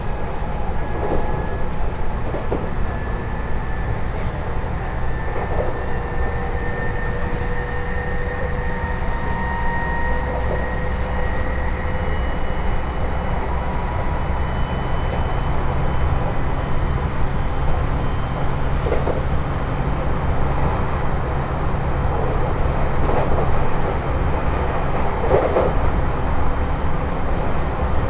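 A train ride on the Tohoku Main Line, heard as a steady, dense rumble of the moving carriage that stays even throughout. Faint, drawn-out tones rise and fall above the low roar, and small clicks and knocks from the rails come every few seconds.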